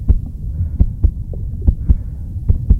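The heartbeat of an adult bus driver after being verbally abused, insulted and threatened: low, thudding beats.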